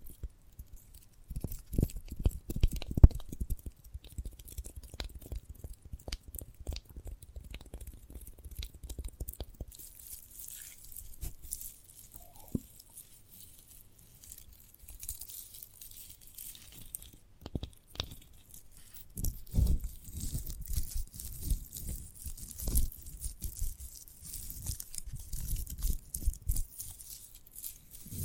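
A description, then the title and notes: A sprouted coconut being handled and eaten, with dense, irregular crunching, tearing and biting sounds packed closely together. The texture is mostly low and thumpy with crisp, bright crackles on top, busiest early on and again in the last ten seconds, with a quieter stretch around the middle. ASMR of a Sprouted Coconut (No Talking).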